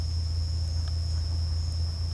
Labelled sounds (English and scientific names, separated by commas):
none